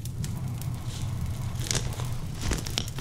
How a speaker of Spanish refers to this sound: Bueno, pues esta noche voy a sumarle palos a esta hoguera virtual, esta hoguera buena y hermosa que nos hemos encendido aquí en la radio para contar esta historia de lobos en la noche.